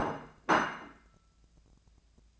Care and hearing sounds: daily activity, microphone in the room; place plate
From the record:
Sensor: 2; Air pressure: 1000.0 hPa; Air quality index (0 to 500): 132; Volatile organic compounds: 2 ppm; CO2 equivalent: 1123 ppm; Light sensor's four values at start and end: 24/60/26/28 and 24/59/25/28

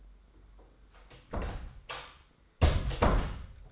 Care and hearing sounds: daily activity, microphone in the room; close door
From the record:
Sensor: 3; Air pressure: 1015.2 hPa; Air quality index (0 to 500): 180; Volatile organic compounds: 17 ppm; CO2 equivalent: 2587 ppm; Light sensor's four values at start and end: 16/40/16/17 and 16/40/16/17

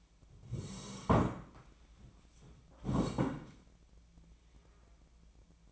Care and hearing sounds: daily activity, microphone in the room; sit down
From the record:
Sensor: 1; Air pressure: 1012.3 hPa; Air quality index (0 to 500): 172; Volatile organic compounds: 3 ppm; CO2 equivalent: 1409 ppm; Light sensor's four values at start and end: 45/120/49/60 and 45/121/49/60

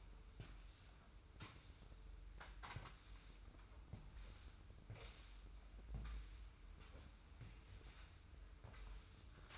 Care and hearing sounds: daily activity, microphone in the room; sweep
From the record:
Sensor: 2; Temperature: 25.1 degrees Celsius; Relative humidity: 45.4%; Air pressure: 990.3 hPa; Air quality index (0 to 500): 210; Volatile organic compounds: 1000 ppm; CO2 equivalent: 6742 ppm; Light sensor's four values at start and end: 31/72/30/30 and 28/67/27/27

